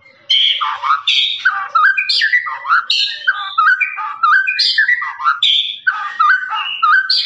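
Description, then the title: Lovebird song, a continuous torrent of shrill squeaks and buzzy slurred notes at varied pitches. Lovebird's long ngekek song, used as a master recording for training birds. "FULL DURASI MASTERAN LOVEBIRD NGEKEK PANJANG"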